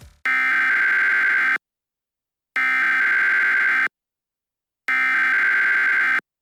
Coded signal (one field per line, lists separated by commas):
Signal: Emergency Alert System (SAME) tones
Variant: header bursts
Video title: EAS scenario *1 five night at sonic's remastered